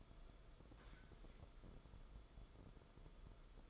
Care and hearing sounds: daily activity, microphone in the room; sit down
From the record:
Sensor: 5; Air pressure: 994.5 hPa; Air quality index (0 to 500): 185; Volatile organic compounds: 1000 ppm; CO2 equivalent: 5404 ppm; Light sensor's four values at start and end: 24/59/25/29 and 24/61/25/30

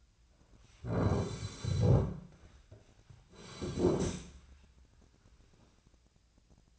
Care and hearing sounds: daily activity, microphone in the room; sit down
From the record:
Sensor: 2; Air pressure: 1009.1 hPa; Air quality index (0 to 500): 172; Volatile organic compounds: 2 ppm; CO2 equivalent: 1258 ppm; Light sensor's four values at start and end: 37/99/42/45 and 35/91/39/41

